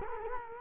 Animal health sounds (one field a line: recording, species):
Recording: mosquito wingbeat signal from an infrared sensor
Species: Culex quinquefasciatus